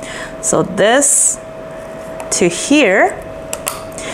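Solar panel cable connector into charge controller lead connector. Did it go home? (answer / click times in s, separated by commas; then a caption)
yes / 3.5 s, 3.7 s. A plastic MC4-style solar panel cable connector is pushed into the matching charge-controller lead while someone talks. Sharp clicks at 3.5 s and 3.7 s mark the connector locking, and it is seated.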